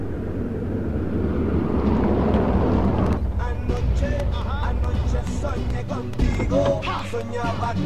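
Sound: car approaching and arriving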